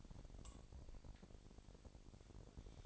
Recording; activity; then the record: daily activity, microphone in the room; take from stove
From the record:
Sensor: 5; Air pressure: 1012.2 hPa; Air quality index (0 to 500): 235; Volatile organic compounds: 4 ppm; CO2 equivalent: 1565 ppm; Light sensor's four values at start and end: 46/106/44/46 and 45/104/43/46